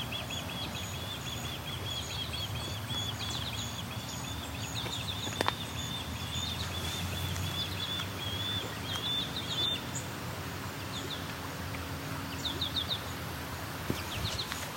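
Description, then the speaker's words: Osprey calling, faint series of short high chirps in bursts, with a thin steady high whistle and a continuous low background roar. Two ospreys present, one standing over a nest; calling non-stop, possibly a young bird; Kaufman Flats along the Grand River, Waterloo, Ontario. "And this osprey is making a non-stop call."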